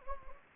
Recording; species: mosquito wingbeat signal from an infrared sensor; Anopheles gambiae